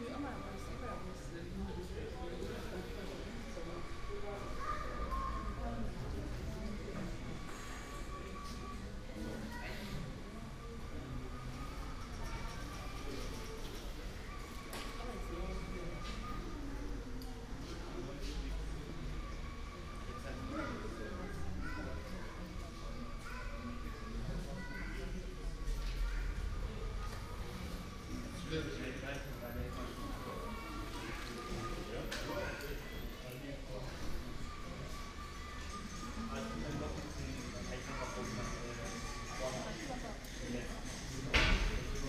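Aboard an underground train, a steady low rumble of wheels and motor fills the carriage throughout, with faint squeals and rattles. Voices murmur almost continuously, and a sharp clatter stands out near the end.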